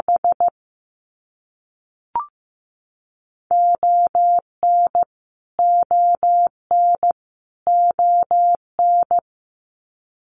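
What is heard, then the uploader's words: Morse code beeps in a single steady mid-pitched tone, clean against silence. A quick run of short dots opens the clip, a lone click sounds near two seconds, then from about 3.5 seconds groups of dots and longer dashes follow in a regular rhythm until around nine seconds. Canadian Provinces and Territories - Repeated 3x - 15wpm. First, it is sent 3x in Morse code.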